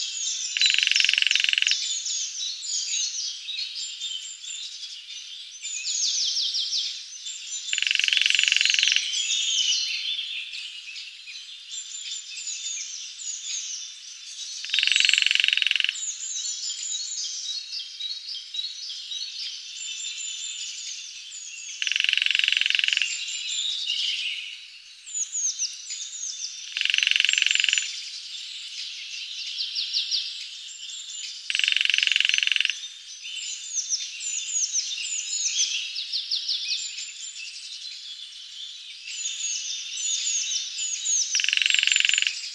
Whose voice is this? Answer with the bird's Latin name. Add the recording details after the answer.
Dendrocopos minor. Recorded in the wild. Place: Waltershofen / Freiburg im Breisgau, Baden-Württemberg, DE. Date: 2004-04-30. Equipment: MiniDisc Sharp MT 20 H. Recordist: Schwarz, Dieter